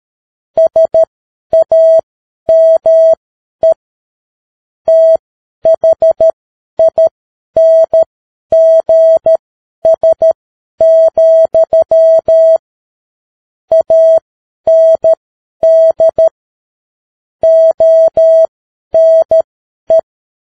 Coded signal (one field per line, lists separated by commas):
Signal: Morse code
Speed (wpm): 13 wpm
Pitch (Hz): 650 Hz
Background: none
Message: SAME THINGS, AND ONE